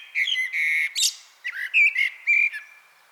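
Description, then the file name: Common blackbird song, rich fluty whistled notes held briefly, a sharp squeaky flourish, then more mellow warbled notes in quick succession. "Turdus merula"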